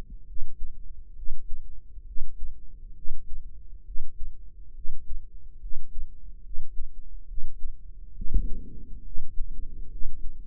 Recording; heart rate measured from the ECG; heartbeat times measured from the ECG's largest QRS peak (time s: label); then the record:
heart sounds by microphone in the right ear; 69 bpm
0.24 s: heartbeat
1.13 s: heartbeat
2.04 s: heartbeat
2.93 s: heartbeat
3.83 s: heartbeat
4.72 s: heartbeat
5.58 s: heartbeat
6.41 s: heartbeat
7.25 s: heartbeat
8.13 s: heartbeat
9.02 s: heartbeat
9.88 s: heartbeat
From the record:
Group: healthy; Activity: breath hold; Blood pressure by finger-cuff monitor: 118/80 mmHg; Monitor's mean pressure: 92 mmHg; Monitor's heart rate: 67 bpm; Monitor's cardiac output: 5.2 L/min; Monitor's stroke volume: 78 mL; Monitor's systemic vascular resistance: 1290 dyn s/cm5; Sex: female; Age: 22 years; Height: 160 cm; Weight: 45 kg